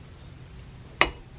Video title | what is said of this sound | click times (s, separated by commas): how to properly grease and maintenance a trailer axle | you hear that snap that was fifty pounds listen for it okay | 1.0 s